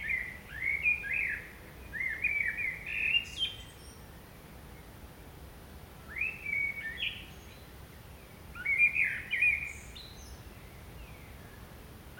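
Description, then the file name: Common blackbird song in four short phrases of low flute-like warbling, some followed by faint high squeaky notes, over light background hiss. "Turdus merula"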